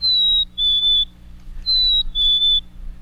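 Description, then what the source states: Black-capped Chickadee song: a clear whistled two-note phrase, the second note slightly lower, sung twice, with faint low hum. Singing a spring song out of season; state bird of Massachusetts and Maine, listed as highly vulnerable to climate change.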